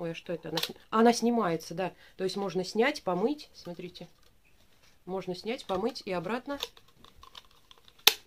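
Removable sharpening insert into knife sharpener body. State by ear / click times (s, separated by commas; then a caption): seated / 8.1 s. Someone talks while taking the removable sharpening insert out of a plastic knife sharpener and pushing it back into the handle. A few faint handling taps follow the talk, then a loud, sharp click at 8.1 s as the insert seats back in place.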